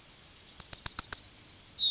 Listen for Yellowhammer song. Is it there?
yes